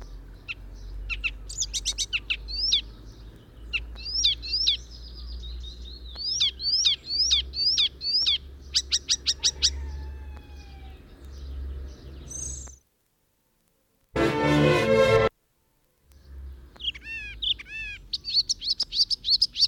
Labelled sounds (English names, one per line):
Icterine Warbler song